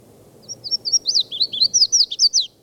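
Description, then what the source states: Red-faced Warbler singing a lively two-second series of high, sweet, warbled notes that dip and rise, the notes tumbling quickly one after another. At the foot of Mount Elden Road on 17 May, about 10–10:30, after several other calls; the bird sang while flying from tree to tree.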